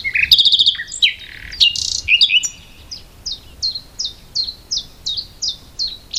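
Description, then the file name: Common nightingale singing a burst of harsh, buzzy notes and rattles, followed by a long steady run of sharp, evenly spaced chirps. "Luscinia megarhynchos"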